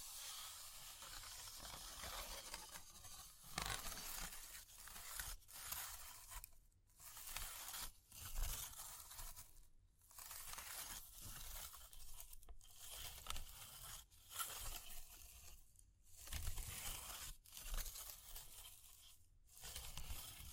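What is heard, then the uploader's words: Dense, bright scratching and crackling rushes in long strokes, broken by short silent gaps roughly every two seconds throughout. Fire Crackling, Tapping, Scratching.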